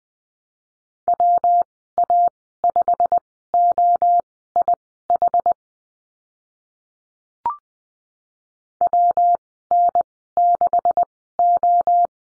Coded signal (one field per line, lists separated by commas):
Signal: Morse code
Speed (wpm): 20 wpm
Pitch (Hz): 700 Hz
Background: none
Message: WA5OIH WN6O